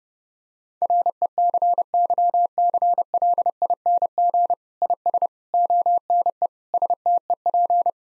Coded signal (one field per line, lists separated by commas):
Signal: Morse code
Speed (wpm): 32 wpm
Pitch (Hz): 700 Hz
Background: none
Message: RECYCLING IS ONE STEP